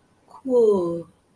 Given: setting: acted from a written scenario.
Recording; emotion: vocal sound without words; awe